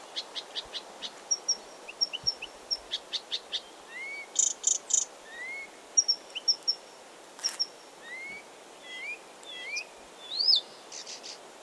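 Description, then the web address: Blyth's reed warbler song: varied phrases of clicks, thin high notes and rising slurred whistles, each motif repeated two or three times before changing. Recorded 16 June 2022. "fagelljud 20220616 busksangare"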